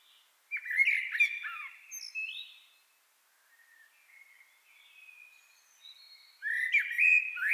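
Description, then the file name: Common blackbird song: a loud, rich warbled phrase with a scratchy ending, soft fluting, then another loud phrase starting near the end. "Turdus merula"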